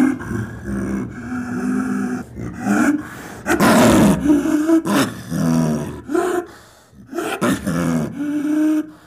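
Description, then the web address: Leopard giving a series of rough, groaning roars broken by short pauses, with breathy rasping strokes between louder harmonic growls. "big cats|leopards"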